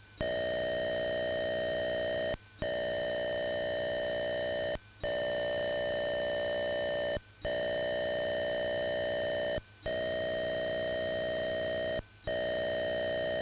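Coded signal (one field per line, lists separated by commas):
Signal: computer data on cassette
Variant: Atari 8-bit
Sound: steady buzzy tone with harmonics, broken by five short silent gaps about 2.4 s apart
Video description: Click on the link below to skip loading sequence : 03:59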